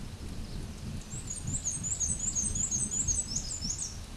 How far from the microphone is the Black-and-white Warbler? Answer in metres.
about 10 m